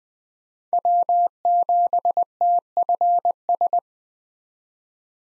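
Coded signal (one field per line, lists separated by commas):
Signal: Morse code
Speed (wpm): 20 wpm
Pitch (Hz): 700 Hz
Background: none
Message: W7TFS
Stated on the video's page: Farnsworth drill of five-character USA call signs at 20 wpm with 4x character spacing, each sent in Morse, spoken, then sent again.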